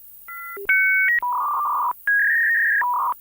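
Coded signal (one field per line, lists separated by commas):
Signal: dial-up modem handshake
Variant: V.8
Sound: brief dual-tone beeps, a low tone, then two warbling data chirps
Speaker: They then agree to continue the conversation in V8. So now we're here.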